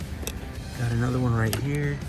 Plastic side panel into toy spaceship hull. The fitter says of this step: again just snap right in place